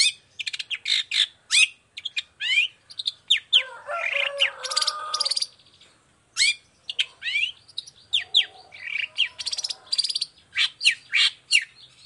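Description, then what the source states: Long-tailed shrike song: a rapid, continuous stream of varied chirps, sweeping whistles and chattering, with a rough buzzy stretch partway through. Chatty (gacor) long-tailed shrike singing in the morning with the 'toet toet' variation; clear voice, full variation, easy for any shrike to imitate.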